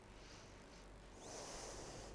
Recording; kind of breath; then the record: one breath in and out by a microphone near the nose and mouth; deep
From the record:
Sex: female